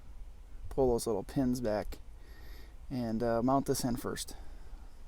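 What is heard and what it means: A new gas trunk lift strut is being handled, with its top end socket about to go onto the ball stud mount on the trunk hinge, while someone talks. Nothing has seated or clicked yet; only speech over a low background hum is heard.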